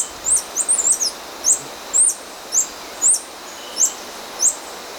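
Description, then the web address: Gray-chinned hermit calls: thin, very high squeaky notes, each a quick slurred up-and-down sweep, given about every half second or a little more, with a short burst of rapid notes early, over steady hiss. Ecuador. "Birds of Ecuador Gray-Chinned Hermit"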